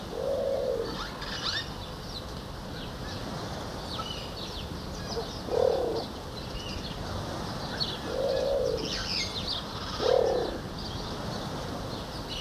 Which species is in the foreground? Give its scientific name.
Ducula aenea